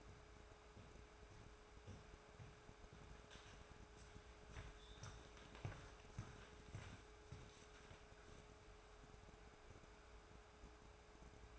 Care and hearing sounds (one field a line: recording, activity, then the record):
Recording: daily activity, microphone in the room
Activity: walk to room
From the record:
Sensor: 2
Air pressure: 1010.3 hPa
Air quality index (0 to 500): 160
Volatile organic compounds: 7 ppm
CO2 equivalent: 2014 ppm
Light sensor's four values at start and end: 39/94/42/48 and 33/77/35/40